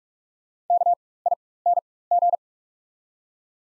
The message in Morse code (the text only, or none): KING